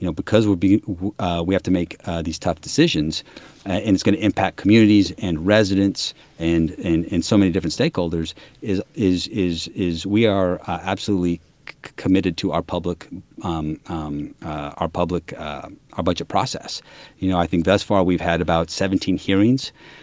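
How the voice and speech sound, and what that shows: Adult man with lifelong stuttering since childhood, speaking with word and phrase repetitions, stretched sounds, fillers and a long block-like pause.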